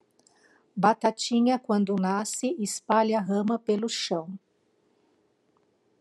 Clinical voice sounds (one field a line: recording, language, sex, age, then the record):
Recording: short text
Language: Brazilian Portuguese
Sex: female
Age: 50 to 59 years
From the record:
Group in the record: control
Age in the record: 57 years